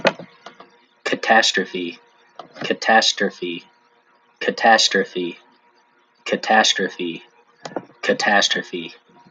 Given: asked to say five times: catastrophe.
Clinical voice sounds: repeated word; male; 40 to 49 years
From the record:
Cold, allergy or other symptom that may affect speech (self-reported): no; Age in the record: 44 years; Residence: Hawaii, United States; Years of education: 12

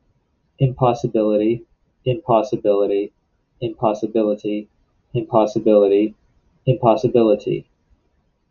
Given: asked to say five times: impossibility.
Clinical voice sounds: repeated word; male; 40 to 49 years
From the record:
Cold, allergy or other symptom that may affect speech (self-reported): no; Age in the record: 40 years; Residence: Massachusetts, United States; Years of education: 18

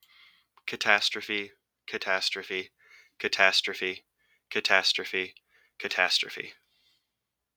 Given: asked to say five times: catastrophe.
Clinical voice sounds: repeated word; male; 20 to 29 years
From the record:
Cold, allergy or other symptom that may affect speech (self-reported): no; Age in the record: 24 years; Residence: Ohio, United States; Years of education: 17

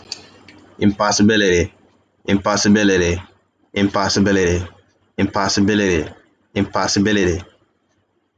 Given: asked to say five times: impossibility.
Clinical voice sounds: repeated word; male; 30 to 39 years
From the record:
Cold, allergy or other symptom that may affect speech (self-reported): no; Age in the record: 35 years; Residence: United States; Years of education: 16

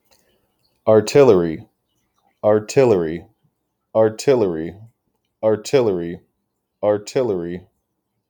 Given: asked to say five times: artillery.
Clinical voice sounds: repeated word; male; 20 to 29 years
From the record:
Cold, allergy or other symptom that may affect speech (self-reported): no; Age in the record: 28 years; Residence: Massachusetts, United States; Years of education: 16

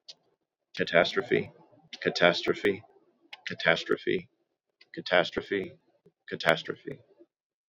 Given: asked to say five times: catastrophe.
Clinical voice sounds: repeated word; male; 30 to 39 years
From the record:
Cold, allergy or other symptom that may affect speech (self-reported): no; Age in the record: 33 years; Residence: Ohio, United States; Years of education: 18

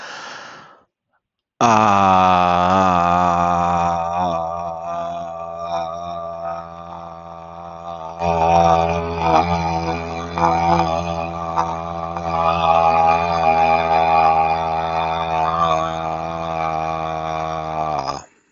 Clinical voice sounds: vowel held as long as possible; male; 50 to 59 years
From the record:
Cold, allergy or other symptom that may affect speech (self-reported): no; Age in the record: 52 years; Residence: Nebraska, United States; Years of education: 16

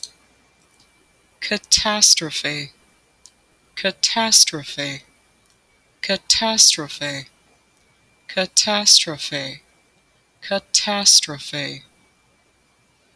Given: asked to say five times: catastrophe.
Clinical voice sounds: repeated word; female; 30 to 39 years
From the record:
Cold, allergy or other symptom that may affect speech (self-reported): no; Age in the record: 30 years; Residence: Minnesota, United States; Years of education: 17

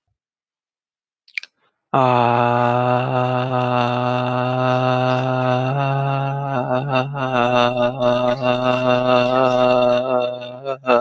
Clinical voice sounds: vowel held as long as possible; male; 20 to 29 years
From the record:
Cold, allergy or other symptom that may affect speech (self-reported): no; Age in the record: 29 years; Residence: Pennsylvania, United States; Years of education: 12

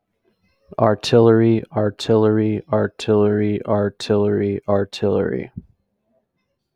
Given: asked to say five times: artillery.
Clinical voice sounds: repeated word; male; 20 to 29 years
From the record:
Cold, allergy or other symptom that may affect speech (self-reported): no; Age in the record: 27 years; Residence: Ohio, United States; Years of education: 15

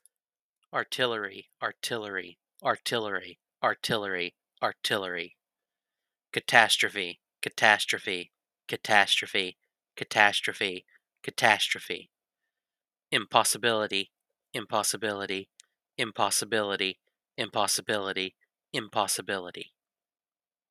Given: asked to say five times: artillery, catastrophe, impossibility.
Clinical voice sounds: three words, each repeated; male; 30 to 39 years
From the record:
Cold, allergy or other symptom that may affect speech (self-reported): no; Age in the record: 31 years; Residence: Arkansas, United States

